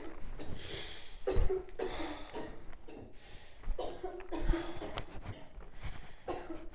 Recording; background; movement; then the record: deep breathing; a bystander coughing; walking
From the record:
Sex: male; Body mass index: 23.7 kg/m2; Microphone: on the chest, facing outward